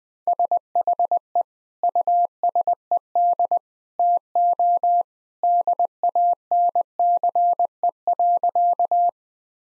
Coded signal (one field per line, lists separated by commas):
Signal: Morse code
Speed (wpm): 21 wpm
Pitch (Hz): 700 Hz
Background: none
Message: SHE USED TO DANCE.